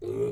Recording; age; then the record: pig call; weaner (32 to 43 days)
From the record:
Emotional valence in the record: negative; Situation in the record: short isolation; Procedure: open field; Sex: female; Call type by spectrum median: low-frequency call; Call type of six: low-frequency stable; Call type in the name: low-frequency stable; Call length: 0.32 s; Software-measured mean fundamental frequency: 55 Hz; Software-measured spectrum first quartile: 289 Hz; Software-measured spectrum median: 386 Hz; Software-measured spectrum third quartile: 438 Hz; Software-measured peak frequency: 400 Hz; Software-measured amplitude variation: 107 dB a second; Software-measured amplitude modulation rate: 26.9 a second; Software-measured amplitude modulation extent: 4.0 dB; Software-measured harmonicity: 6.6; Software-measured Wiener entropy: -0.34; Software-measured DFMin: 981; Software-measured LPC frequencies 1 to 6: 404, 1147, 2319, 3739, 6446, 7427 Hz